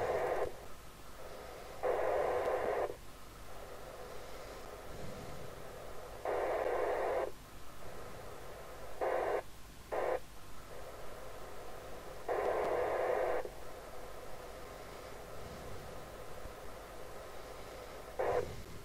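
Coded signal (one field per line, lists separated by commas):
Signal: packet radio (AX.25, as in APRS)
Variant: 9600 baud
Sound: about six short harsh hissing data bursts separated by quieter gaps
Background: low background hum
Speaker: leave it on for a bit and then just uh as you can see yeah so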